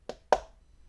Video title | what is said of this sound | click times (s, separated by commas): A Precision Electric Screwdriver Review - KAIWEETS ES21 | That popped in real nice. | 0.3 s